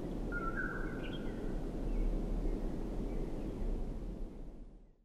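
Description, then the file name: Common poorwill call heard once, a steady whistled note ending in a brief higher note, set against a constant low rumbling background. Recorded on 25 June 2006. "060625 poorwill"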